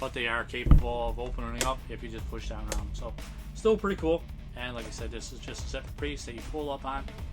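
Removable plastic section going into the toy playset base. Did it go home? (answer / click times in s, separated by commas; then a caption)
no / none. A removable plastic section of The Batman Batcave playset by Spin Master Toys is handled and pulled up over its spot on the playset base while someone talks over background music, with a brief louder knock near 0.7 s. Nothing has seated or clicked into place yet by the end of the clip.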